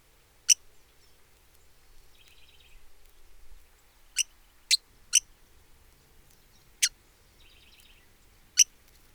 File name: Hooded visorbearer